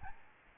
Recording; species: mosquito wingbeat signal from an infrared sensor; Aedes albopictus